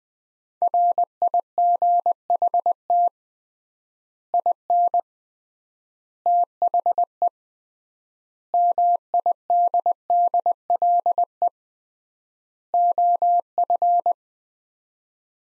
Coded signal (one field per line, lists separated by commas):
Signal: Morse code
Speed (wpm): 20 wpm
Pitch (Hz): 700 Hz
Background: none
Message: RIGHT IN THE MIDDLE OF